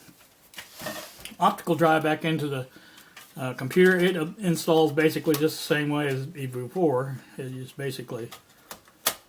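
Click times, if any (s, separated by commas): 9.1 s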